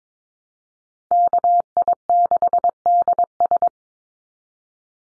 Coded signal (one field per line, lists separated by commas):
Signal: Morse code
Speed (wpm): 22 wpm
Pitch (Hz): 700 Hz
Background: none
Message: KI6DS